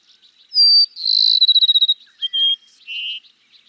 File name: Cassins's Sparrow